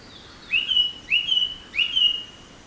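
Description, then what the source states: Bird song: three phrases, each a sharp upswept note running into a drawn-out level whistle, repeated about every 0.6 seconds over gentle hiss. Birds singing in a forest.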